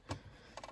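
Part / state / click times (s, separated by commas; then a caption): stereo delete panel retaining clips into center dash opening / not seated / none. A custom ABS plastic stereo delete panel in a dash kit frame is pressed into the center dash opening, producing short, sharp plastic taps at about 0.1 s, 0.6 s and 0.6 s. The top and bottom retaining clips have not clicked in yet.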